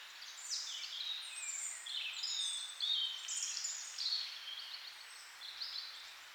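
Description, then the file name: Birdsong with clear high whistled phrases, some slurring downward, and quick chirps interleaved. "melodiez vogels"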